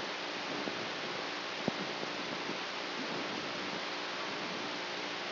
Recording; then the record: brain microelectrode recording played as sound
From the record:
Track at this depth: outside the subthalamic nucleus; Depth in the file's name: 1.406 mm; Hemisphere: right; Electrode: 3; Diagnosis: Parkinson's disease